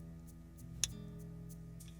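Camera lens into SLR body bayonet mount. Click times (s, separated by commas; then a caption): 0.8 s. A camera lens set on the bayonet mount of a Nikkormat SLR body is turned by its silver ring until the mount latches, giving a sharp metallic click at 0.8 s over a steady low hum. The lens is now mounted but not yet keyed.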